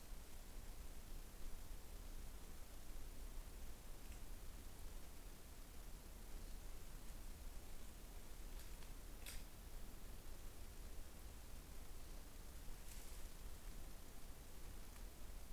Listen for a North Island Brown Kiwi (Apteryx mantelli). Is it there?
no